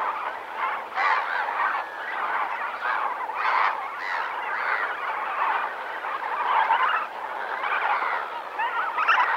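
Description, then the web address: Flamingos calling as a flock, a dense continuous gabble of nasal, goose-like honks with louder bursts rising above the steady chorus. Flamingos at Lake Nakuru, Kenya, in the morning. "BBC Africa Kenya. kenya lake nakuru morning atmosphere with flamingoes"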